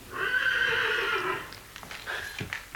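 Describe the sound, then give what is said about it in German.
The third horse in a row of horses whinnies in a long, wavering, high-pitched neigh lasting over a second, followed by softer snorts and shuffling sounds. “Drüben in der Reihe hat das dritte Pferd gewiehert.”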